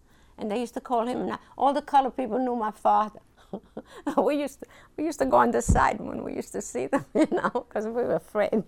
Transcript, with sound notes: And they used to call him, all the colored people knew my father. ( she laughs ) We used to, we used to go on the side when we used to see them, you know, because we were afraid.